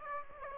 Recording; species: mosquito wingbeat signal from an infrared sensor; Aedes aegypti